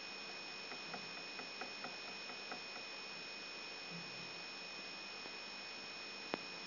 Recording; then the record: brain microelectrode recording played as sound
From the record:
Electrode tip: outside the subthalamic nucleus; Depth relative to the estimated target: -6 mm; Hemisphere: right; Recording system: AlphaMap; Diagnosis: Parkinson's disease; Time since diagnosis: 14 years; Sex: male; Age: 66 years